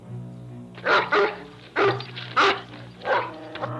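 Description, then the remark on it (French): A dog barks about six times in uneven pairs, each bark sharp and loud, over a steady low droning hum that runs throughout. “Tu entends ? La chienne du monde.”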